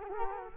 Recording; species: mosquito wingbeat signal from an infrared sensor; Culex quinquefasciatus